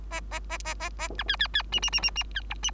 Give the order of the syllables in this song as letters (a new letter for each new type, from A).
A A A A A A B C C C D D D D D E D